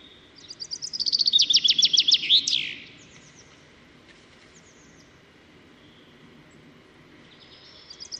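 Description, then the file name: Common chaffinch singing one trill of repeated notes that ends in a flourish, then quiet with soft notes and a fresh phrase starting at the end. "Fringilla coelebs"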